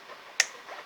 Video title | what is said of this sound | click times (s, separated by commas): WESTCREEK TELE TT-20 - REWORKING GOES ON - PART 4 | the new Jack is quite a nice uh click positive click to it | 0.4 s